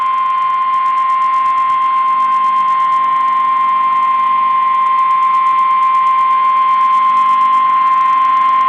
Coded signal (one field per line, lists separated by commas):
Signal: Emergency Alert System (SAME) tones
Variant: 1050 Hz attention tone